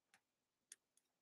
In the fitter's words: you can hear it click in